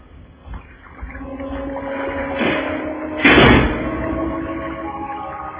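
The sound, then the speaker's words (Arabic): A room door swings shut with a brief scrape followed by a single solid thud, set against a steady low hum that continues afterward. “ولم أكن أريد سوى أن يغلق باب الغرفة علي.”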